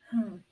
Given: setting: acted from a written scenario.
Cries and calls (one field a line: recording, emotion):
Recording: vocal sound without words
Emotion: shame